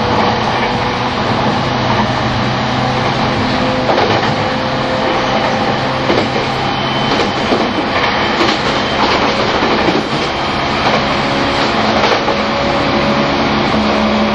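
An E231 series train on the Shonan-Shinjuku Line special rapid runs at speed, filling the whole clip with a steady, dense roar and a low droning hum. Brief clacks and rattles break through every second or two.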